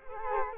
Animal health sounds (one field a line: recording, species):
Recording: mosquito wingbeat signal from an infrared sensor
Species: Culex quinquefasciatus